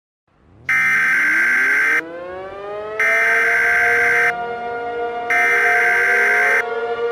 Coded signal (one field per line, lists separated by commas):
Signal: Emergency Alert System (SAME) tones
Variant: header bursts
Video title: The Great Hurricane in Texas (an EAS scenario)